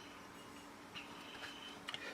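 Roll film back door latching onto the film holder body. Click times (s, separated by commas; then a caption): 1.9 s. The hinged back door of a Cambo 6x9 roll film back for 4x5, loaded with 120 film, is closed onto the film holder body over a steady low background. It snaps shut with a short double click at 1.9 s and 1.9 s, and the door is latched and locked in place.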